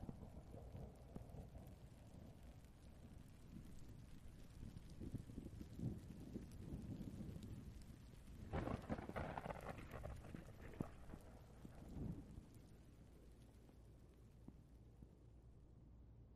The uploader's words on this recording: Heavy Rain and Thunder. Light to Heavy rainstorm with grumbling thunder. All Raw and mixed audio recorded on: Focusrite Scarlett CM25, Focusrite Scarlett 2i2 Audio interface.